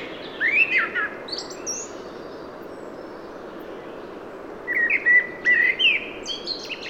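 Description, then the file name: Common blackbird, a single slurred whistled phrase, several seconds of near silence, then a second warbled phrase ending in squeaky twitters. "Turdus merula"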